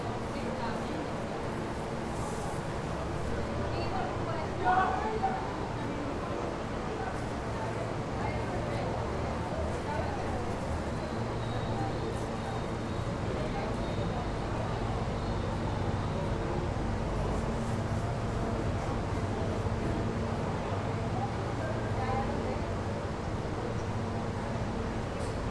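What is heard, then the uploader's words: On a subway platform, a steady low rumble of trains on other tracks runs throughout under murmuring voices, with a brief bump near five seconds. Manhattan Bound L Train Platform. This time on the upper platform where passengers await the Manhattan bound L train. The arriving and departing trains of other platforms create a pounding rhythm of steel while a computerized voice counts down the minutes until the L train will appear.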